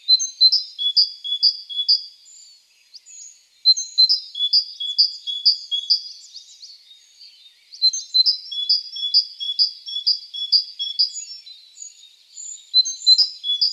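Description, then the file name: Great tit singing several strophes of bright two-note phrases, about two per second, separated by short silences. "Parus major"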